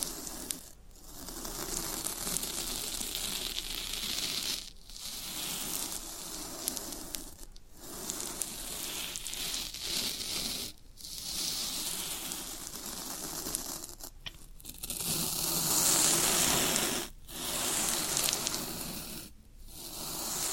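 Floral foam being pressed and crumbled, a dense crackling, crunching texture with bright hiss on top. The sound comes in bursts of a few seconds, broken by short silent gaps roughly every two to three seconds, and grows louder and fuller toward the end.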